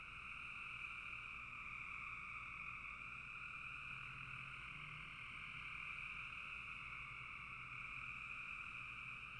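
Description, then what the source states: Continuous frog chorus of overlapping high trills forming an even drone. Frogs calling in a bog.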